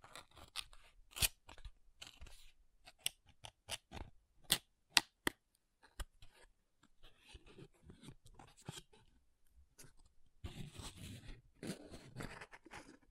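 Makeup tapping and scratching: sharp, irregular taps and clicks come quickly through the first six seconds, a few of them loud and crisp. After that come softer, denser bursts of scratching and rustling, with a longer rough scratching stretch near the end.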